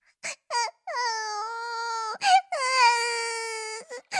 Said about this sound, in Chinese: 程前不知挨了多久千刀万剐般的剧痛，就在他感觉自己快要死了的时候，蓦地周身一轻，隐约间他好像听见了哭声。